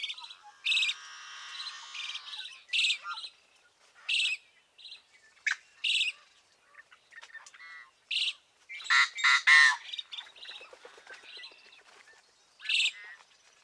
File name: Yellow-headed Blackbird